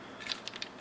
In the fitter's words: now that's snapped in